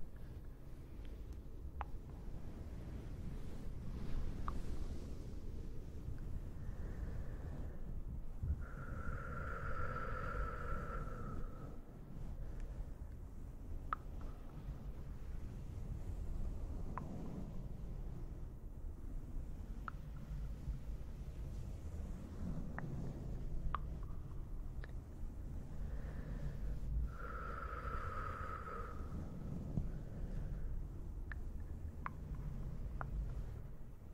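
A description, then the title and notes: Soft cloth and fluffy textures rub and brush against a constant low, muffled rumble that fills the whole clip. Small sharp clicks and taps pop up irregularly throughout, and twice, near ten seconds and again near twenty-eight, a hollow ringing tone swells and fades. ASMR no talking towel and fluffy CAVE SOUNDS (delicate echo).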